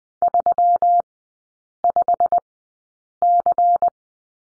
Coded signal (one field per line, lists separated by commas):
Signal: Morse code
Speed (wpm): 20 wpm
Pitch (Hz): 700 Hz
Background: none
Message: 35C